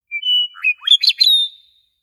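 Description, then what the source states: Meadowlark song: a clear high whistled opening note followed by a quick jumble of warbled, gurgling notes and a final drawn-out whistle, with no other sounds. Song element, prairie.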